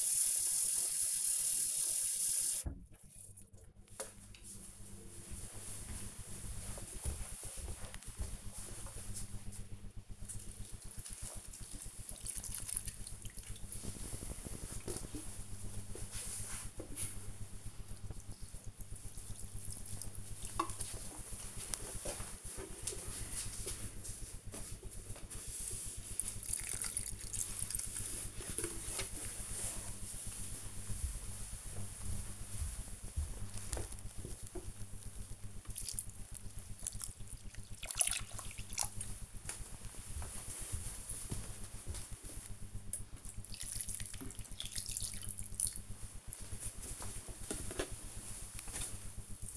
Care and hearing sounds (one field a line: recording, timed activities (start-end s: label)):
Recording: household activities, microphone on the right wrist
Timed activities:
0.00-49.57 s: watering plant